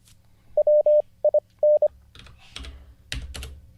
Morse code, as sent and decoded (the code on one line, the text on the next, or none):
.-- .. -.
WIN